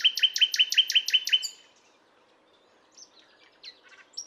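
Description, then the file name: Common nightingale song opening with a loud, even series of rapid repeated notes, then silence and a few faint scratchy notes. "Luscinia megarhynchos"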